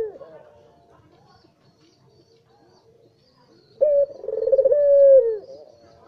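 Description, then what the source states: Barbary dove: the tail of one coo at the start, a quiet stretch, then a long rolling coo near the end, opened by a sudden note and trailing off. White (putih) Barbary dove; Indonesian masteran used to train songbirds to copy its call.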